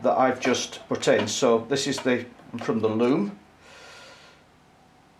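On a Triumph Scrambler 1200, a newly fitted wiring-loom connector for a GPS power cable connected to the ignition is held and lined up with its mating motorcycle connector, just before being plugged back in. Someone talks for most of the clip, followed by a faint, soft rustle near the end. Nothing has clicked or seated yet.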